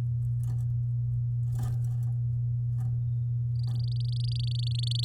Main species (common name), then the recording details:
Domestic Canary. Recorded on 10 May 2018 at 16:02. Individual llb16